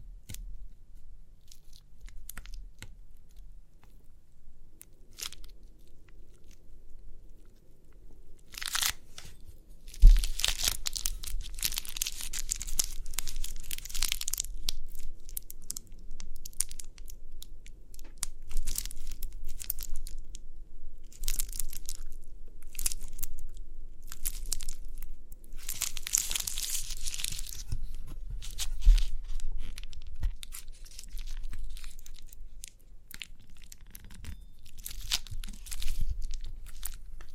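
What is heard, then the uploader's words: Crinkly pimple popping: bursts of dry, bright crackling and crinkling come and go across the clip. The first few seconds are quiet, then dense rustling picks up from about ten seconds on. The strongest crackles are near 9 and 26 seconds, over a constant low rumble. Crinkly Pimple Popping.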